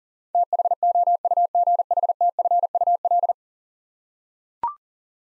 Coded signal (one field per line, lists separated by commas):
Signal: Morse code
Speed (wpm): 40 wpm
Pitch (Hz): 700 Hz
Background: none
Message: THOUGHTFUL